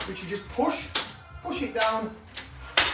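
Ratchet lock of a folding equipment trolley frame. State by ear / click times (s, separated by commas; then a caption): seated / 2.4 s, 2.8 s. A small release pedal is pushed down on the ratchet lock of a metal folding equipment trolley frame while someone talks. The ratchet then clunks back into its locked position with a lighter click at 2.4 s and a louder metallic knock at 2.8 s, so the lock has seated again.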